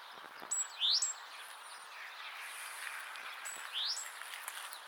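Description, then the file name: Great tit calling twice with a high sharp note and a rising whistled sweep, about three seconds apart, against steady background noise. "Parus major"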